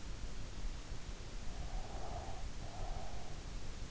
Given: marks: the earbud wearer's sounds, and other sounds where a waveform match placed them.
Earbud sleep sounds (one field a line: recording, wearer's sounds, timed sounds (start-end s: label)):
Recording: sounds in sleep by an in-ear microphone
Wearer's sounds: breath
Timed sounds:
1.58-3.53 s: breath